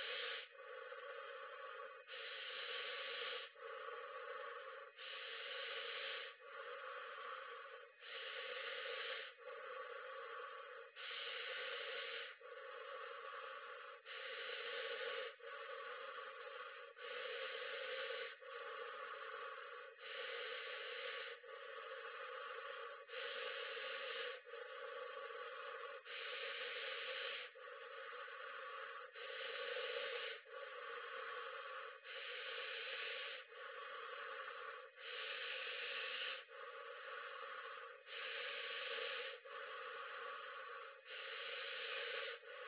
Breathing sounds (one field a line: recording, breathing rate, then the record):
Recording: paced breathing near a phone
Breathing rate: 20 breaths a minute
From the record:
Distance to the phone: 40 cm